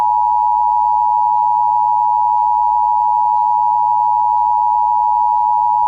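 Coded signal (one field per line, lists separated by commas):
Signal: Emergency Alert System (SAME) tones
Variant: 853 and 960 Hz attention tone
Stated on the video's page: Emergency Alert System alerts for two Winter Storm Warnings.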